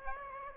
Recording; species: mosquito wingbeat signal from an infrared sensor; Aedes aegypti